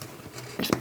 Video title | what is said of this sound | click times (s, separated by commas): The Cube - Freeze Drying Minestrone soup - Don't Make My Mistake | push it until you hear it click | 0.7 s